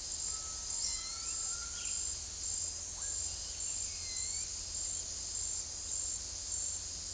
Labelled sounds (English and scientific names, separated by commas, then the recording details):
Undulated Tinamou (Crypturellus undulatus)
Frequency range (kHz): Undulated Tinamou (Crypturellus undulatus) 0.7-2.0 kHz
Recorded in secondary vegetation near Puerto Asís, Putumayo, Colombia, on 18 February 2024 at 17:00
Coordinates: 0.500, -76.326
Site G6428